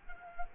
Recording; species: mosquito wingbeat signal from an infrared sensor; Culex quinquefasciatus